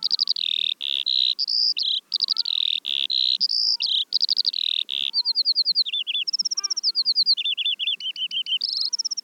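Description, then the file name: Eurasian skylark song of buzzy high bursts and rapid ticking trills. "veldleeuwerik"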